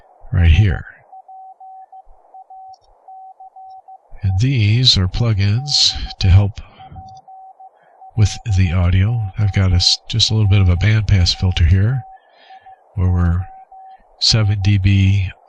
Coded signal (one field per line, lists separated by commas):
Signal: Morse code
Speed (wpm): 15 wpm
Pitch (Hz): 760 Hz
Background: speech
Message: SPACE EXPLORATION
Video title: Morse Code QSO over the internet - software setup - config 3 - VoiceMeeter, Reaper, VST PLUGINS